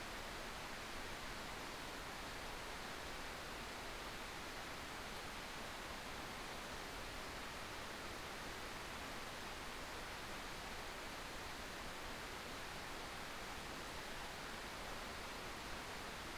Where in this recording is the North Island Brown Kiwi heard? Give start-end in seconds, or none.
none